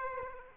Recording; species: mosquito wingbeat signal from an infrared sensor; Aedes aegypti